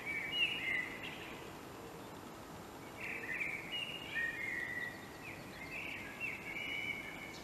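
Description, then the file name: Common blackbird song: fluty, warbled phrases with scratchy higher flourishes, separated by pauses, over steady background hiss. "Turdus merula"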